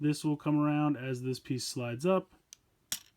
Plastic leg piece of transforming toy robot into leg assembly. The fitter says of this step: snap into place.